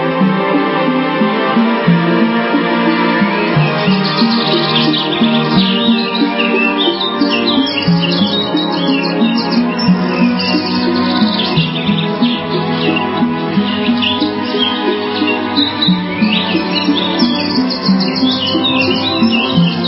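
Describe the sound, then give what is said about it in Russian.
A steady, fairly loud chorus of birds chirps and sings without pause on a sunny spring day, with no voices. “Однажды, веселый весенний день, солнце сияло, птички пели, но лужи еще не высохли.”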